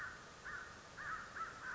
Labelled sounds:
American Crow (Corvus brachyrhynchos)
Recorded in Sonoma County, California

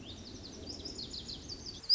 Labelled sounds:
Lazuli Bunting (Passerina amoena)
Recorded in Sonoma County, California

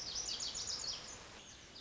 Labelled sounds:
Lazuli Bunting (Passerina amoena)
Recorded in Sonoma County, California

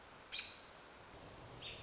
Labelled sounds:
American Robin (Turdus migratorius)
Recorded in Sonoma County, California

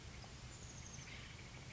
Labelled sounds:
Oak Titmouse (Baeolophus inornatus)
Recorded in Sonoma County, California

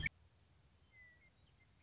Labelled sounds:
Western Meadowlark (Sturnella neglecta)
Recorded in Sonoma County, California

